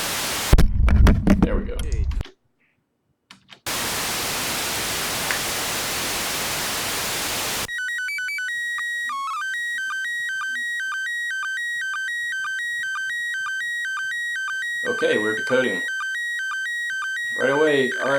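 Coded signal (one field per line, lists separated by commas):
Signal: SSTV (slow-scan television)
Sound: brief talk, loud hiss, then a steady tone with regular rhythmic dips, harmonically buzzy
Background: speech, static hiss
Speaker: images were almost all decoded with MMS STV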